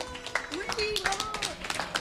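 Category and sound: crowd, audience applause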